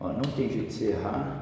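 A handlebar-clamp cover with a locking tab is being fitted onto the upper triple clamp of a BMW F800GS motorcycle, the tab meant to drop into a matching hole. Someone talks throughout over a low room hum, with no sharp contact sounds. Nothing has seated or clicked yet.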